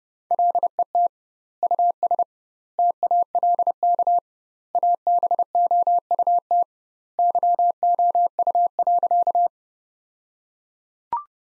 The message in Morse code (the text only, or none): LET US TALK ABOUT YOU.